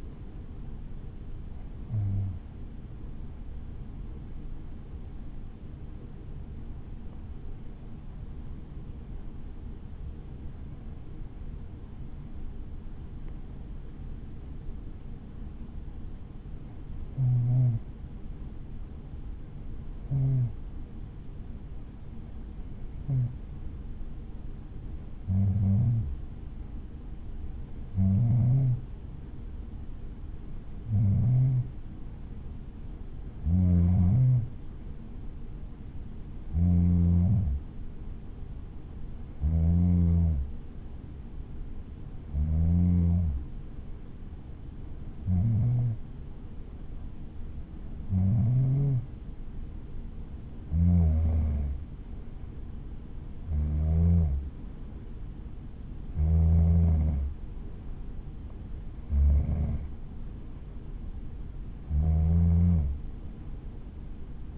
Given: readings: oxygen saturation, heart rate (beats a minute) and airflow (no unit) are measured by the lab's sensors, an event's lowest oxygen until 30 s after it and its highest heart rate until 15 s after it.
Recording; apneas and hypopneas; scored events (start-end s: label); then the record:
breathing in sleep by a smartphone at the bedside; 1
4.00-29.00 s: hypopnea (N1, oxygen 95% highest, then 92% lowest, heart rate 59 at the start, 66 highest)
8.00-64.58 s: new sleep stage, N2 (light sleep)
From the record:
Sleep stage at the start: N1 (lightest sleep); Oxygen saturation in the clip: 92 to 95%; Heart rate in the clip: 58 to 67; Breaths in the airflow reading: 22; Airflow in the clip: -6.6 to 6.3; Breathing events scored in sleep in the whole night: 216 in 7.0 hours asleep